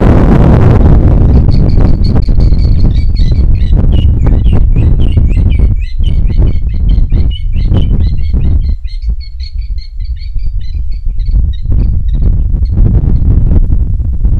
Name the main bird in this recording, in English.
White-headed Barbet